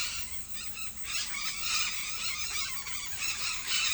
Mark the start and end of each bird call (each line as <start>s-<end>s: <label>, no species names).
0.00s-3.94s: bird call